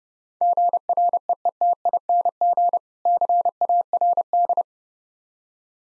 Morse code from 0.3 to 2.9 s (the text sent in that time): GREETING